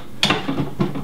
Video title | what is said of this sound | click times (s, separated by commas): Odyssey Redline Series BRLDIGITALXL Bag and L Stand Review | There's a little lever in here that makes it lock into place there. | 0.2 s